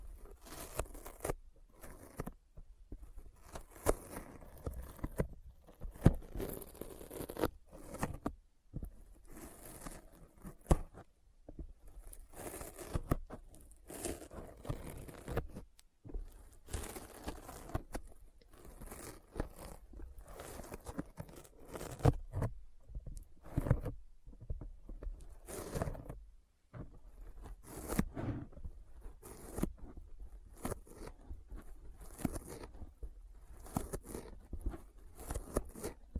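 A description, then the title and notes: Sticky fingers press and peel apart in a dense, continuous run of short tacky snaps and crackles, with brief quiet gaps scattered throughout. The peeling has a rough, zipper-like tearing quality that stays bright, with a soft low rumble underneath. ASMR Intense Sticky Finger Sounds (No Talking).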